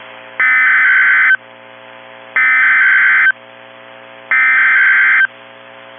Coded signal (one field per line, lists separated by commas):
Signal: Emergency Alert System (SAME) tones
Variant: header bursts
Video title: EAS Winter Storm Warning New Hampshire/Southern Maine NOAA Weather Radio